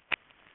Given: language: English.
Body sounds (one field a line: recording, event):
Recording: throat vibration sensor signal played as sound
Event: swallow